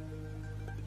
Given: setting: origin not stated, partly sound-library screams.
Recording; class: one-second piece from a danger detection set; normal situation